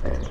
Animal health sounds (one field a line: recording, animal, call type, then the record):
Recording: contact call of a hoofed animal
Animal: wild boar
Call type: grunt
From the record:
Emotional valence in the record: positive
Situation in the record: food anticipation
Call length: 0.31 s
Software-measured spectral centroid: 1080 Hz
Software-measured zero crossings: 420 a second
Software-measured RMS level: -24 dBFS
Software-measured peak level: -14 dBFS